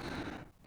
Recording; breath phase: one breath near a microphone; exhalation